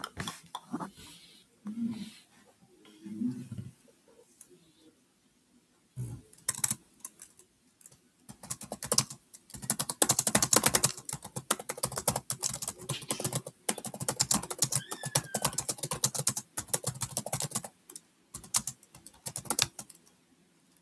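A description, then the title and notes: Typing on a keyboard, with sparse, uneven taps in the first few seconds, along with a few soft low murmurs. After about six seconds the keystrokes become dense and rapid, crisp clicking in bursts with short pauses, continuing to the end. Another typing-ASMR.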